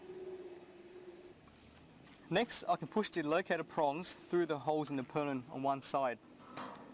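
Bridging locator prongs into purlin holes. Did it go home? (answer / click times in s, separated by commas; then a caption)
yes / 6.6 s. Someone talks while bridging locator prongs are pushed through the holes on one side of a steel ridge purlin. A click at 6.6 s shows the prongs have seated, which indicates a secure connection.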